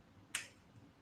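The plunger mechanism of a single-dose GLP-1 (Mounjaro) auto-injector pen, held against skin, fires after its button is pressed, giving one sharp, bright click at 0.4 s over a quiet background. The click marks the dose being delivered, and the injection is complete.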